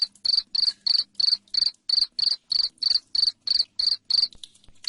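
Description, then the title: Cricket chirping: loud, high, rasping pulses repeated about three times a second in a steady run, with a faint low hum underneath. Loud cricket chirping (jangkrik ngerik), used to prompt lovebirds into continuous ngekek chattering song. "Suara JANGKRIK NGERIK Keras Bikin LOVEBIRD Jadi NGEKEK Terus Vubey"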